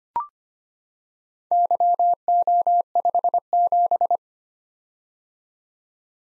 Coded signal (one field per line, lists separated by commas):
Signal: Morse code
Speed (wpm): 25 wpm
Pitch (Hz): 700 Hz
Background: none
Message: YO57